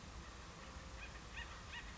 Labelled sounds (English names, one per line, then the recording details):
Acorn Woodpecker
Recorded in Sonoma County, California